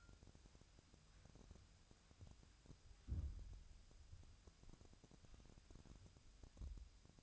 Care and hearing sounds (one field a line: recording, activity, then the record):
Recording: daily activity, microphone in the room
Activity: wipe stove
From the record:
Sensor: 2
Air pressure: 1003.2 hPa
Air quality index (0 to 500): 204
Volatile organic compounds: 6 ppm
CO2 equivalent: 1933 ppm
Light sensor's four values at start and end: 8/18/8/8 and 8/18/8/8